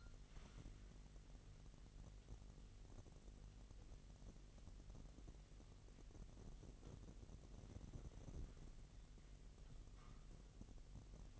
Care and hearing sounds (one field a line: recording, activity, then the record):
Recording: daily activity, microphone in the room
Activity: wipe stove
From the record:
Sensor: 4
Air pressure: 1001.7 hPa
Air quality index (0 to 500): 246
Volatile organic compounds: 39 ppm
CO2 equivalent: 3136 ppm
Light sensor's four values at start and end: 8/18/7/6 and 8/18/7/6